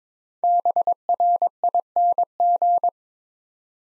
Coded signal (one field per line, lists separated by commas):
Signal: Morse code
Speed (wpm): 22 wpm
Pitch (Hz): 700 Hz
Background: none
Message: BRING